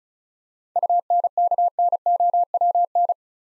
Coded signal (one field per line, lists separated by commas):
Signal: Morse code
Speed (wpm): 36 wpm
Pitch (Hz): 700 Hz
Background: none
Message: UNKNOWN